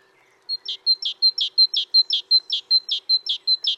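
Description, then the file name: Great tit with a long run of about nine two-note phrases, a sharp high whistle dropping to a lower buzzy note, steady and rhythmic throughout. "Parus major"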